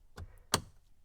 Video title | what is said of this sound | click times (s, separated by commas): Fisker Ocean - Disconnect Rear Reading Lights | you'll hear it snap and then the end clip | 0.5 s